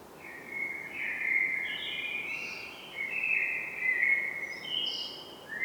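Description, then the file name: Common blackbird producing a continuous series of linked tonal notes that waver up and down for about five seconds, above a faint hiss. "Turdus merula"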